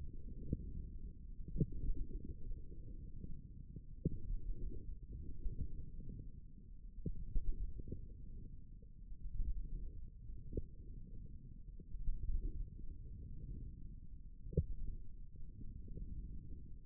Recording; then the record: forearm muscle sounds (acoustic myography)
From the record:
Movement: wrist flexion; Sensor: system 1, eight BSWA MPA416 microphones around the upper forearm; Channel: 1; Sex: male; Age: 18 years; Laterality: right